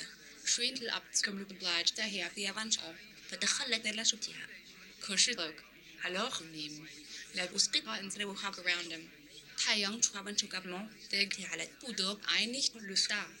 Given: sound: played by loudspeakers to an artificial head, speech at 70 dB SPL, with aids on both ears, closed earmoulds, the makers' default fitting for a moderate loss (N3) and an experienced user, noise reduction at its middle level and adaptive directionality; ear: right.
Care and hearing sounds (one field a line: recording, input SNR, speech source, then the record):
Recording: speech test signal (ISTS) in cocktail-party noise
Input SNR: +9 dB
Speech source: on the right (90 degrees)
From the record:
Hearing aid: class 1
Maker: J